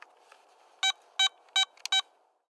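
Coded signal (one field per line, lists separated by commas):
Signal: none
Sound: metal detector alert beeps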